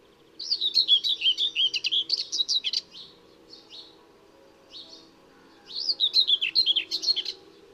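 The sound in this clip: Common whitethroat song: a long, fast, rattling warble of about two and a half seconds, a few scattered notes, then a second scratchy phrase.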